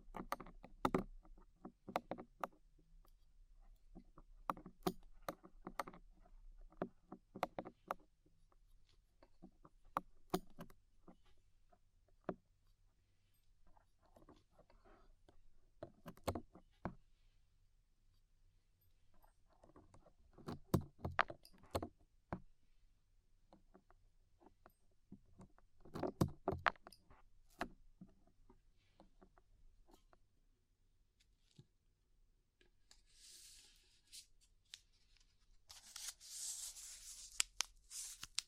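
Ear cleaning with rhinestone and clay removal: sharp clicks, taps and scraping scratches come in clustered bursts about every five seconds, separated by near-silent gaps. Toward the end, a bright, fizzy hiss rises in two soft swells over a faint low hum.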